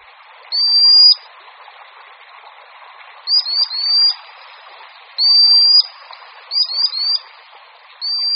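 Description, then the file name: Common sandpiper calling with shrill, high whistles, alternating single drawn-out notes with quick stuttered two- and three-note bursts, against a constant rushing hiss. "Pisík-obecný"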